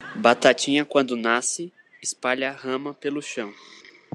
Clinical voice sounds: short text; Brazilian Portuguese; male; 20 to 29 years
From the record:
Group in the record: control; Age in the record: 25 years

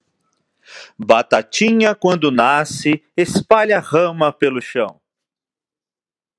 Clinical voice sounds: short text; Brazilian Portuguese; male; 40 to 49 years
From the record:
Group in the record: control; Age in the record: 42 years

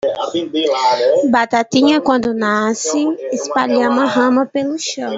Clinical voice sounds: short text; Brazilian Portuguese; female; 20 to 29 years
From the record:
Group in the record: control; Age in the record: 22 years

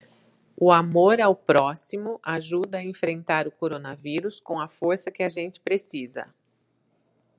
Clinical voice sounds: spoken sentence; Brazilian Portuguese; female; 40 to 49 years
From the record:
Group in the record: control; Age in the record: 48 years

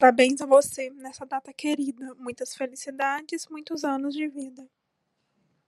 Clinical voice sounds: short text; Brazilian Portuguese; female; 20 to 29 years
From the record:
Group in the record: control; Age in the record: 28 years

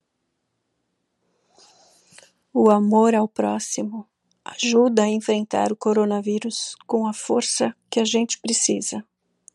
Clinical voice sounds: spoken sentence; Brazilian Portuguese; female; 50 to 59 years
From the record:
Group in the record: control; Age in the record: 53 years

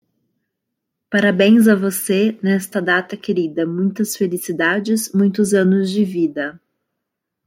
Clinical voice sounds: short text; Brazilian Portuguese; female; 30 to 39 years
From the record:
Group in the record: control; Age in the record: 31 years

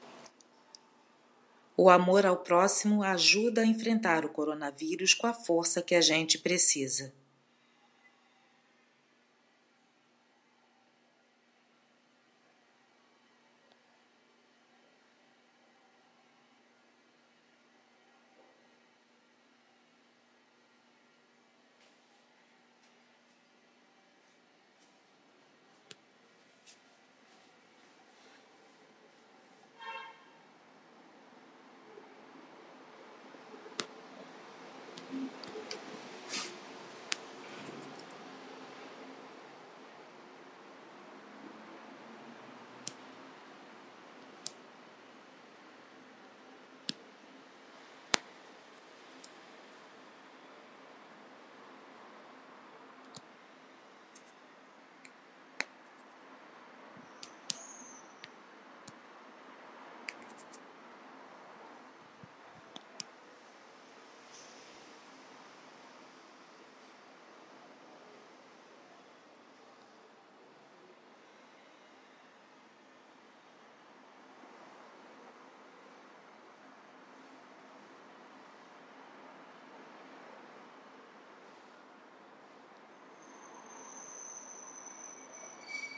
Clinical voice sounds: spoken sentence; Brazilian Portuguese; female; 40 to 49 years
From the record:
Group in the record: control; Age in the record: 48 years

